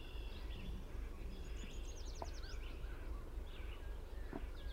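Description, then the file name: Song sparrow song: faint, with a quick trill among scattered notes, over steady low rumbling background noise. Recorded on 22 June 2001. "Song Sparrow PWSlough"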